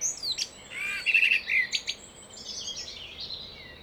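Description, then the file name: Common blackbird song fragment: a short warbled fluty phrase with a few high squeaky notes, then quieter thin twitters fading out. "Turdus merula"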